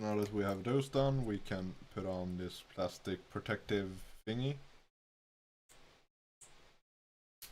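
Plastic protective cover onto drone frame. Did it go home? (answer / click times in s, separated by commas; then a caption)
yes / 7.4 s. Someone talks for about five seconds, then quieter handling noises follow at around 5.7 and 6.4 seconds. A plastic protective cover is fitted onto a drone frame, and it snaps into place with a sharp click at 7.4 seconds, seating the cover.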